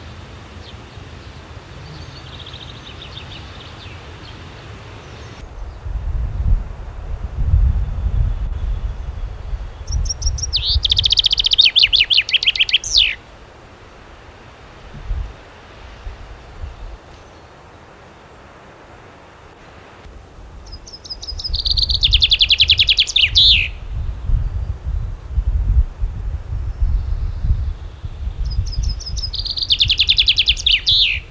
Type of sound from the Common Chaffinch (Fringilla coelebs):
song